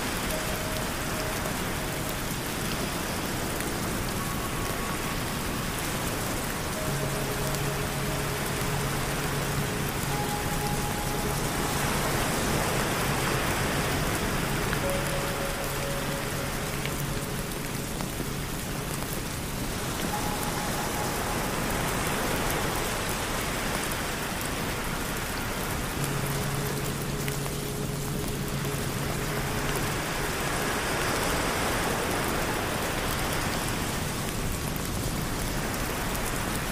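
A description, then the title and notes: Steady, dense rain hisses throughout, while soft sustained bowl-like tones ring and fade in the background, with gentle surges every several seconds. Rain Sounds And Ocean Waves in Hawaii.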